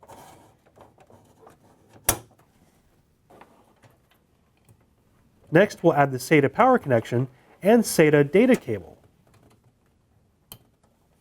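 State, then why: Seated. A hard drive is pressed into a toolless plastic drive tray and snaps into place with one loud, sharp click at 2.1 s, between faint handling sounds. Someone then talks, and another brief sharp tick is heard near the end.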